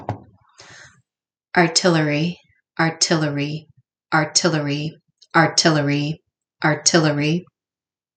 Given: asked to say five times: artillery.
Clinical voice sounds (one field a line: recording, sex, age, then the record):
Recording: repeated word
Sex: female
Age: 30 to 39 years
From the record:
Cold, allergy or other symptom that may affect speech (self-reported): no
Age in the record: 37 years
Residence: United States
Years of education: 19